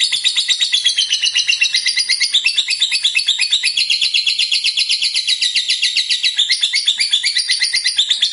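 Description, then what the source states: Lovebird song, an unbroken, very rapid, high-pitched buzzy chatter with steady pulsing throughout. Lovebird described as a 'fighter' type and 'gacor', meaning singing energetically.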